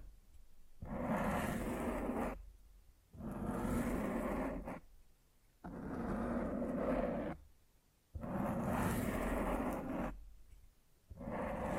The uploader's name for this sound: Mic Scratching